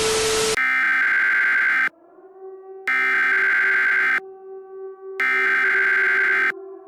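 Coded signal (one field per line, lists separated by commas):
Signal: Emergency Alert System (SAME) tones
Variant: header bursts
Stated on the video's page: Fictional EAS scenario, analog horror.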